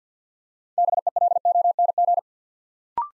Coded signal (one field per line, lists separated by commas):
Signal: Morse code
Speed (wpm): 50 wpm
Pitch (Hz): 700 Hz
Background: none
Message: BELONG